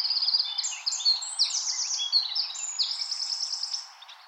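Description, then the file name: Eurasian wren song: a vigorous high stream of quick whistled notes and rattling trills, lasting about four seconds, then stopping abruptly. "Troglodytes troglodytes"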